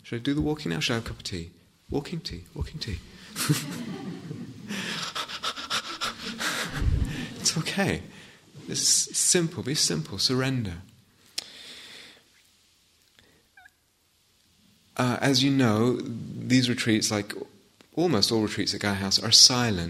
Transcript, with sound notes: Should I do the walking now? Should I have a cup of tea? Walking? Tea? Walking? Tea?" [laughter] It's okay. It's simple. Be simple. Surrender. As you know, these retreats, like almost all retreats at Gaia House, are silent.